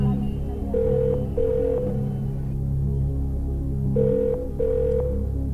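A telephone rings in two double bursts, each a pair of short, steady electronic tones separated by a pause, over a constant low hum.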